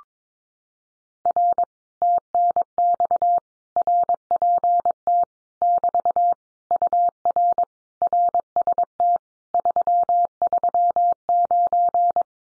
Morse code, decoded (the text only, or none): R TNX RPT <BT> UR RST 339